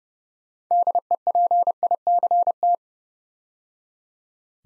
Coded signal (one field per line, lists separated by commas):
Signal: Morse code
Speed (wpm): 30 wpm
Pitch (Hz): 700 Hz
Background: none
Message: DEPICT